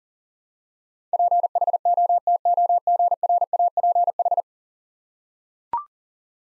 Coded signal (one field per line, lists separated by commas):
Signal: Morse code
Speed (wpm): 40 wpm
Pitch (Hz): 700 Hz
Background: none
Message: PHOTOGRAPH